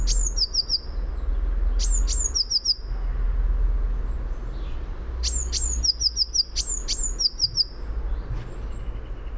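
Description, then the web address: Eurasian blue tit repeating its high, thin phrase several times: two piercing descending notes leading into a brief three-note trill, under a strong low rumbling hum. "fugl b-mejse"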